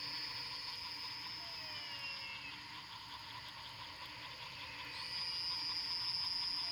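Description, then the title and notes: Frog chorus with continuous high buzzing and trills, a faint sliding whistle early on, and a long thin high tone starting after five seconds. Recorded at night after rain at Fortín Arce, Luque, Paraguay. "Nanawa &, PFVV+4JH, Fortín Arce, Luque 110917, Paraguay - sonidos de ranas después de la lluvia. grabación nocturna de las ranas"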